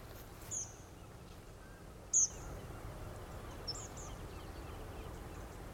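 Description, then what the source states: Tree Pipit flight calls: a few short, thin, high buzzy notes spread over several seconds, above a steady low rumble of background noise. Late-August migrant passing through the dunes at IJmuiden/Velsen, Netherlands.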